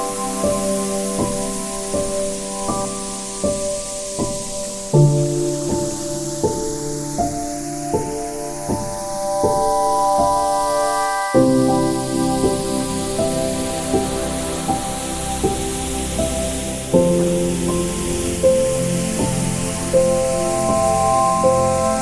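Soft piano plays slow, gentle notes and chords, one every second or so, with a fuller passage from about eleven seconds on. A steady hiss of ocean waves washes underneath throughout, even, never breaking into distinct crashes.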